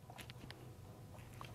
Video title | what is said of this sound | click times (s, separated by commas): How to set up your Lenovo ThinkPad Pro Dock | gonna go ahead and insert this so you hear a nice little click | 0.5 s